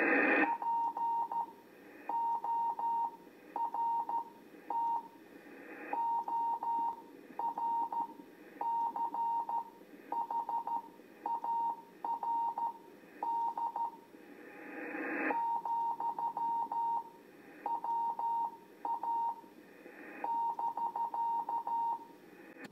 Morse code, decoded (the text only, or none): PORT ORCHARD ,WA <BK>